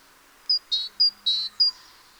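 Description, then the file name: Great tit calls: clear high whistled notes alternating with lower buzzy notes, five notes in about one and a half seconds, over a quiet background. "Parus major"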